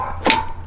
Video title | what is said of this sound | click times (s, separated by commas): EVERYTHING you need to know about BMW E34 doors - common problems | Then you hear a little click, and | 0.3 s